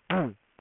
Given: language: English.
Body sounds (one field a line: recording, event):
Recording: throat vibration sensor signal played as sound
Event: throat clearing